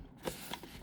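A trimmed ABS insulating cover, its flange cut off with scissors, is pressed onto the AC side of a Paneltronics dual-voltage AC/DC breaker panel on a 30-foot Luger Voyager Adventurer boat, to isolate the AC. A soft thump is heard around 0.3 s, then a short sharp snap at 0.5 s as the cover pops into place and seats.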